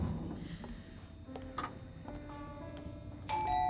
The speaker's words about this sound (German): Wir werden weiter klingeln. 3 Uhr morgens.